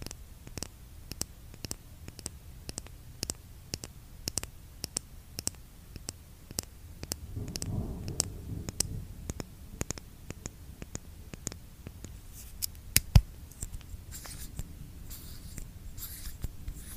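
Lipgloss tapping in sharp, regular clicks about twice a second, with a low rumbling thump around eight seconds and a louder snap near thirteen.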